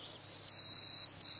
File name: white throated sparrow